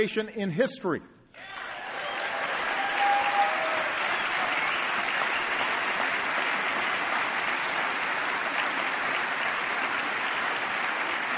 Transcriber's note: applause